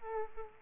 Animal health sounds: mosquito wingbeat signal from an infrared sensor; Aedes aegypti

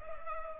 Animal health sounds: mosquito wingbeat signal from an infrared sensor; Culex pipiens

